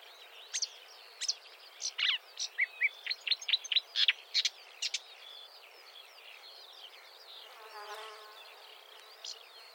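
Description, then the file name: Marsh warbler song of rapid varied chips and whistles that fades to softer twittering and a brief harsh note near the end. "suara kicauan burung marsh warbler. omkicau"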